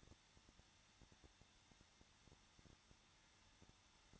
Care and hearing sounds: daily activity, microphone in the room; no activity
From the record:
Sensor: 3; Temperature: 21.2 degrees Celsius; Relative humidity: 36.5%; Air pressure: 1006.4 hPa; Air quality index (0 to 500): 224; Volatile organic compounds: 44 ppm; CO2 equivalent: 3211 ppm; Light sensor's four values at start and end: 2/3/2/2 and 2/3/2/2

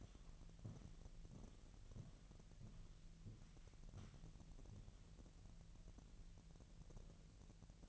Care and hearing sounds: daily activity, microphone in the room; walk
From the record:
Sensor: 4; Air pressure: 1002.9 hPa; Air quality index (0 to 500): 247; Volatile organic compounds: 28 ppm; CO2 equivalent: 2907 ppm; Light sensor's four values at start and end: 8/18/7/8 and 8/18/7/8

